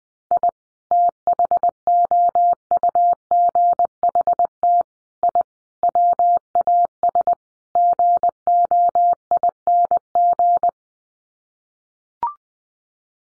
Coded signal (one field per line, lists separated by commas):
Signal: Morse code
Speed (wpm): 19 wpm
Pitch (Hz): 700 Hz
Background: none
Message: I THOUGHT I WAS GOING